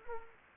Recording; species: mosquito wingbeat signal from an infrared sensor; Culex quinquefasciatus